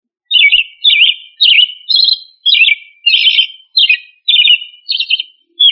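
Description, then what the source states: Thrush song of brief clear whistled phrases, some slurred and some trilled, delivered in quick succession about every half second against silence. Family Turdidae; local name sabiá.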